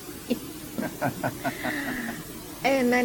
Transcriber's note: laughter